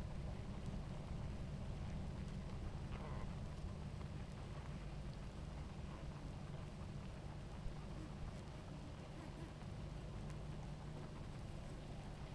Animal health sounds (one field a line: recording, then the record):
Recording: honeybee colony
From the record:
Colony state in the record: active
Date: 28 July 2017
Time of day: 18:02